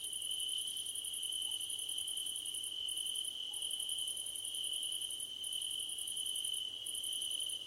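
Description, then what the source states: Cricket chorus of fast, high pulsed chirping in extended bursts with occasional gaps, over an unbroken shrill continuous tone. Crickets at night under a starlit sky; nighttime ambience.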